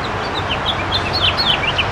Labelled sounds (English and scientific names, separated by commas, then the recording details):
House Finch (Haemorhous mexicanus) song
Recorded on Long Island, New York, on 9 June 2012
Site EF
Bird A